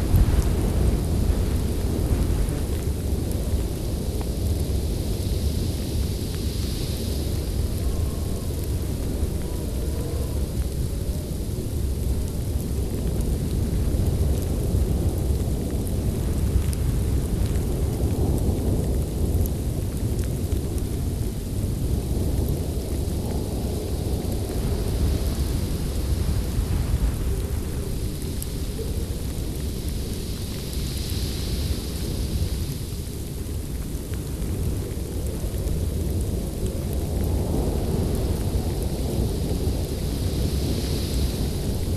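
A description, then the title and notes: A snow blizzard roars steadily, a dense low rumble of wind that never lets up for the whole stretch. Brighter hissing gusts swell briefly every few seconds, around 7, 25, 31 and 41 seconds, over the constant deep howl. Intense Snow Blizzard Sounds.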